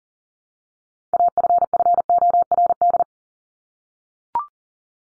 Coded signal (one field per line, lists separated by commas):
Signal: Morse code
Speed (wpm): 40 wpm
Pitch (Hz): 700 Hz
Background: none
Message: AFFORD